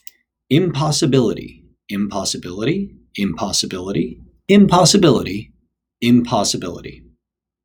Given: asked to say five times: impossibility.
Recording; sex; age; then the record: repeated word; male; 40 to 49 years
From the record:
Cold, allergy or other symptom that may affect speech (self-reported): no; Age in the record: 45 years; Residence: Washington, United States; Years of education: 22